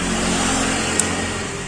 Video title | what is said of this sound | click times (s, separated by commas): salah bengkel sgcu dan fullpump aerox old jebol part 2 | udah klik ini | 1.0 s